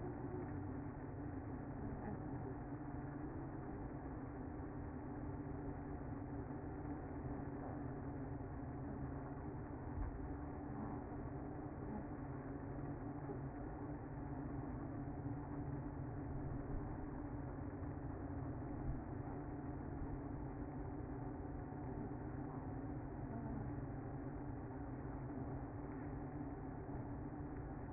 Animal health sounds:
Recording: honeybee colony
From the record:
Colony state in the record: active

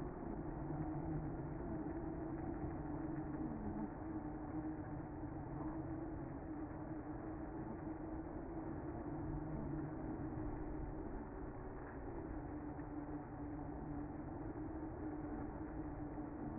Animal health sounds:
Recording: honeybee colony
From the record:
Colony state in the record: active

